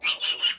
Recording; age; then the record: pig call; piglet (1 to 25 days)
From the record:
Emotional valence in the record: negative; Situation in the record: castration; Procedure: castration, cut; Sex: male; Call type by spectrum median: high-frequency call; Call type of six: high-frequency stable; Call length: 0.59 s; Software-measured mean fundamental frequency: 315 Hz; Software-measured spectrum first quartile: 2840 Hz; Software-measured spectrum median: 3855 Hz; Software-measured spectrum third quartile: 6779 Hz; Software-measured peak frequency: 2852 Hz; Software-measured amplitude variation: 233 dB a second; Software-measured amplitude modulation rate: 11.1 a second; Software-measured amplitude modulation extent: 21.1 dB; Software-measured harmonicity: 5.1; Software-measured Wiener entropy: -2.03